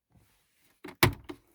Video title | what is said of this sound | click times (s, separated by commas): Volvo XC90 (2013) Glovebox Problem | it harder until you hear a good click | 1.0 s